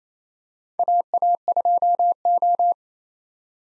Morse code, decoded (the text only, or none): AA2O